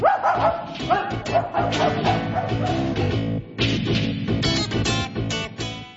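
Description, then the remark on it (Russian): A dog roaming a marsh barks repeatedly in short, sharp yaps over a dense, steady background of sound, the barking fairly loud throughout. “Я так безобразен, что даже собаке противно укусить меня.”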